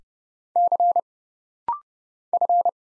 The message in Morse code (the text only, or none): C F